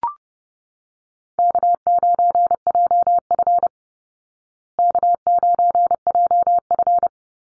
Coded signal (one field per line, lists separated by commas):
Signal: Morse code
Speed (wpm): 30 wpm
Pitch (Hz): 700 Hz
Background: none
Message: K9JF K9JF